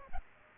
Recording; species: mosquito wingbeat signal from an infrared sensor; Aedes aegypti